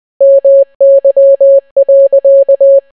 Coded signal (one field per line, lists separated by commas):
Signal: Morse code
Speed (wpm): 20 wpm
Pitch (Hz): 550 Hz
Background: none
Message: MY.